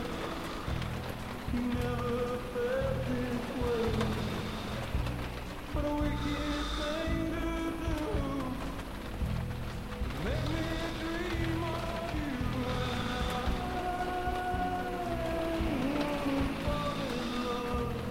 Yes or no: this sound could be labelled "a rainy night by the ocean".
yes